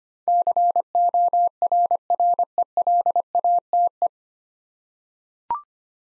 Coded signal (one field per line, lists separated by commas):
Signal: Morse code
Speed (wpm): 25 wpm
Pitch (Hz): 700 Hz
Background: none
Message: CORRELATE